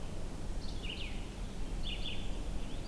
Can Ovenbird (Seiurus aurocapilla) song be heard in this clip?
no